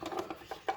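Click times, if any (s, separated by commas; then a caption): 0.7 s. A speaker is fitted into its mount on a quartz clock movement housing and locks in place. A few light taps and handling knocks come first, then a sharper, louder click at 0.7 s as the speaker seats.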